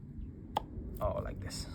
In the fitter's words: and you have to press this filter a little bit until you hear you hear a little click oh